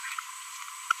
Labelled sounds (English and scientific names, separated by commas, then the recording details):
Green-rumped Parrotlet (Forpus passerinus) babbling
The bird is a female
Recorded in a nest box in Venezuela
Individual 17B42B1